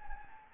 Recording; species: mosquito wingbeat signal from an infrared sensor; Anopheles gambiae